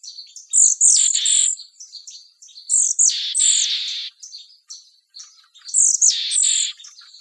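Bird giving harsh, rasping mechanical calls: a high whistled note running into buzzy grating bursts, repeated roughly every two and a half seconds.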